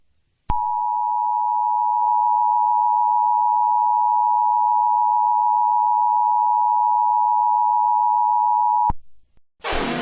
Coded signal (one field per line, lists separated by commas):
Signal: Emergency Alert System (SAME) tones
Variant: 853 and 960 Hz attention tone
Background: music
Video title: eas scenario catemojibabyheat part 12